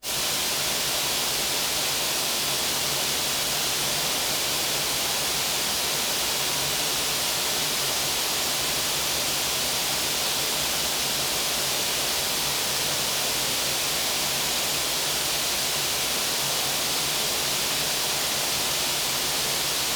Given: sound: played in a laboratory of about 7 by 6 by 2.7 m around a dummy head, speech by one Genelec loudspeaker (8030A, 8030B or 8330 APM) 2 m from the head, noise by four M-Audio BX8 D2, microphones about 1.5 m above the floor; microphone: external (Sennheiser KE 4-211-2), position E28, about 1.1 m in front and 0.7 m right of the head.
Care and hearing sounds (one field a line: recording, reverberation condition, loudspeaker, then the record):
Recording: white noise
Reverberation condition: high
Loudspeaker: four, about 170 cm from the corners of the room and facing them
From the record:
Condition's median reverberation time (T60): about 1300 ms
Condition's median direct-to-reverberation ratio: about -4.0 dB